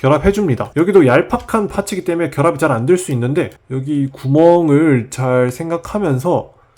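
While a Transformers Legacy Commander Class Motormaster (G1 Menasor) robot toy is being transformed, its plastic leg joint peg is handled near the hole in a thin plastic part it must snap into. Someone talks almost the whole time, and only a faint brief sound follows near 6.8 s as the speech ends. The joint has not snapped in or seated yet.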